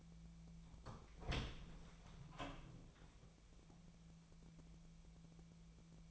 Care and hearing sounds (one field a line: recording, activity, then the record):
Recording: daily activity, microphone in the room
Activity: open door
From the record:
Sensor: 1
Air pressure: 1000.5 hPa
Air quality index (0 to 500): 183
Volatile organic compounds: 4 ppm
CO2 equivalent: 1690 ppm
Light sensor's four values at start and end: 12/28/12/13 and 12/29/12/14